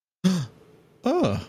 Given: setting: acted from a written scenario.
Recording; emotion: vocal sound without words; realization